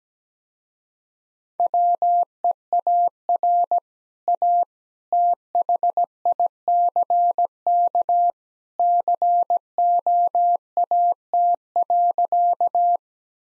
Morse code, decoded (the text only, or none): WEAR A THICK COAT.